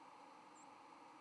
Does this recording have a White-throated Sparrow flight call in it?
no